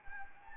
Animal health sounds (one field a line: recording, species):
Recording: mosquito wingbeat signal from an infrared sensor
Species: Anopheles gambiae